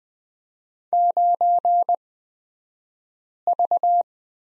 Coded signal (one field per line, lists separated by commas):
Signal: Morse code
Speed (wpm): 20 wpm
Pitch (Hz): 700 Hz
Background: none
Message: 9V